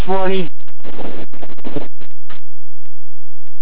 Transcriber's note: premature end of transmission